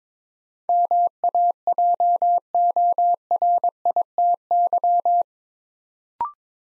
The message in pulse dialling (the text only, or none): none